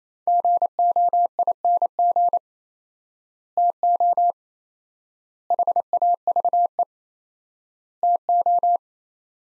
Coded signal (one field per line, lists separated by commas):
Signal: Morse code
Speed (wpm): 28 wpm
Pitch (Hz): 700 Hz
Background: none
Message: GOING TO HAVE TO